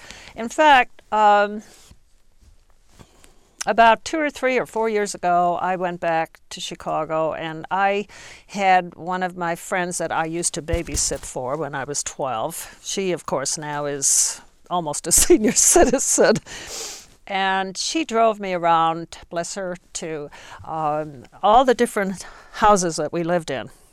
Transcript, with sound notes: In fact, about two or three or four years ago I went back to Chicago and I had one of my friends that I used to baby sit for when I was twelve, she, of course, now is almost a (she laughs) senior citizen. And she drove me around, bless her, to all the different houses that we lived in.